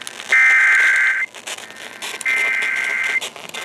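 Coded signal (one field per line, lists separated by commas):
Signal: Emergency Alert System (SAME) tones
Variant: header bursts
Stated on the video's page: Severe weather EAS alerts, including from NOAA Weather Radio, during thunderstorms with hail.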